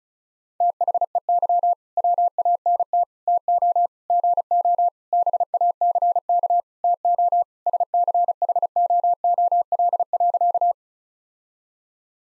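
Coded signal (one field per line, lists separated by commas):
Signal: Morse code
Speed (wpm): 36 wpm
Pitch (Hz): 700 Hz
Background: none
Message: THEY WANT TO GO BACK TO SCHOOL.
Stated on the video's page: Morse practice of sentences with common five-word phrases at 35wpm, each sentence sent before and after being spoken.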